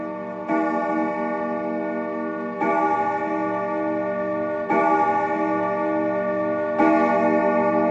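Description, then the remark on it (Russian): A clock in a mother's room chimes five times, bright, clear metallic strikes spaced about two seconds apart, each rich ringing tone sustaining and overlapping the next, with no voices. “Часы в маминой комнате звонко и чисто пробили 5 раз.”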